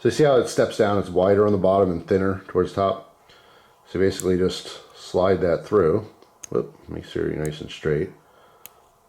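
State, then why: Seated. A replaceable blade is slid straight down into the slot of a RovyVon U4 Pro Plus titanium carabiner multitool while someone talks. A short, sharp snap is heard at 8.7 seconds as the blade seats in place.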